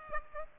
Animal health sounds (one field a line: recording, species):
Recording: mosquito wingbeat signal from an infrared sensor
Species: Aedes aegypti